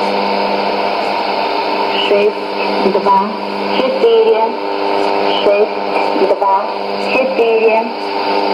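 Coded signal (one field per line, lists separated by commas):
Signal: numbers station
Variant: S06s, Russian female voice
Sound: a faint female voice reading short, evenly spaced words through heavy shortwave hiss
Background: radio static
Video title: 10 02 2017 Numbers station S06s Russian Lady in Russian to Eu 0900 on 5765 unknown tx site in CUSB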